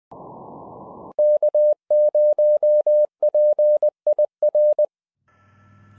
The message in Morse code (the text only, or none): K0PIR